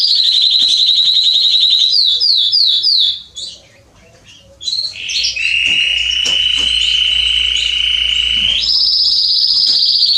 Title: Canary Training Esquente Seu Filhote E Canario Belga Em 30 Minutos Macho Cantando Muito. CANTO DO CANRIO